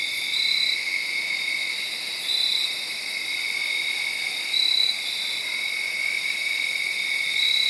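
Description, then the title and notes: Crickets chirring in a steady chorus, with a louder high trill pulsing in every few seconds over the constant insect drone. Crickets late Saturday night into Sunday morning, around midnight, under a tree in Sharon, Pennsylvania. "Crickets (field recording). late on Saturday night/Sunday morning. The location was in Sharon, Pennsylvania, under a tree"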